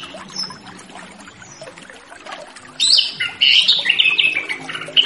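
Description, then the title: Orange-headed thrush singing a rich, varied whistled phrase in the second half, after a quiet stretch of low background noise. Relaxed, open-toned song style (ngeplong santai), used as a lure for a free-flying spotted orange-headed thrush (trotol). "Anis Kembang Ngeplong Santai , Untuk Pancingan Anis Kembang Lepas Trotol"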